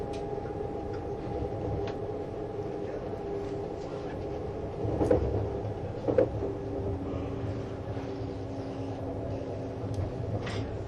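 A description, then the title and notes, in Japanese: Running sound of a Swiss ICN tilting train on the Gotthard line: a steady low rumble with a sustained tonal hum from the drive throughout. Brief clicks and knocks stand out around five and six seconds, with lighter rattles and taps scattered elsewhere. SBB線 ICN10022レ01 Lugano～(Göschenen)。スイスでは主力の車体傾斜車両であるRABDe500形ICN、その本領を発揮するゴッタルド線の列車を収録したものです。音の旅(走行音)。収録年月:2013,05。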